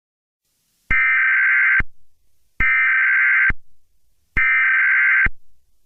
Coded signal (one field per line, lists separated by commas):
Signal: Emergency Alert System (SAME) tones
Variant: header bursts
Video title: EAS Scenario #24: Artificial Overintelligence